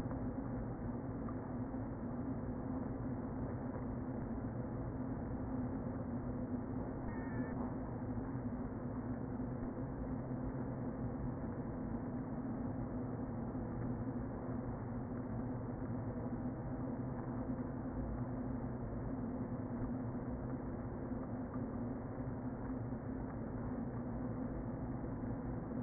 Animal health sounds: honeybee colony, microphone inside the hive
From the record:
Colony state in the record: queen present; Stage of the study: before two queens were removed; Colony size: about 60,000 bees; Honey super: yes

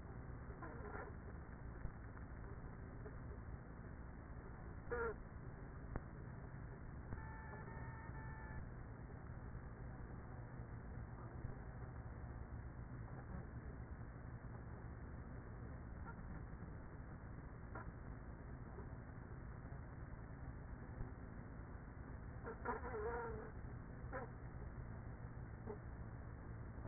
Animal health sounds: honeybee colony, microphone inside the hive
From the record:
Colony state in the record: queenless with a low population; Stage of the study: after two queens were removed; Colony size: about 30,000 bees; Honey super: no

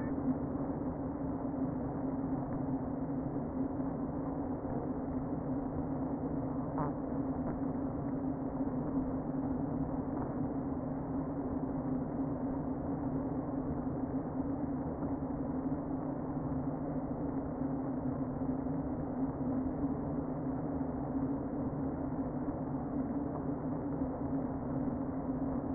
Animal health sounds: honeybee colony, microphone inside the hive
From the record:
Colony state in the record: queen present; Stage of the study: before two queens were removed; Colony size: about 60,000 bees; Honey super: yes

